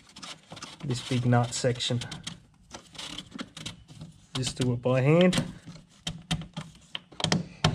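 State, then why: Not seated. Someone talks while hand-tightening the large plastic nut on the diesel fuel filter canister on the filter housing of a Toyota Hilux 1KD D4D 3L engine, with short handling knocks and taps toward the end. The nut has not clicked into place yet and nothing has seated.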